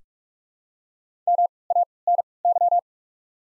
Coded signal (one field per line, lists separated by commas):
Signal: Morse code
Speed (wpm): 44 wpm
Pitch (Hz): 700 Hz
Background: none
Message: M A N Y